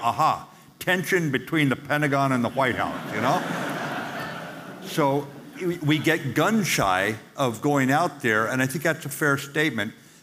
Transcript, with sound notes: A-ha, tension between the Pentagon and the White House, you know? (laughing) So we get gun shy of going out there, and I think that’s a fair statement.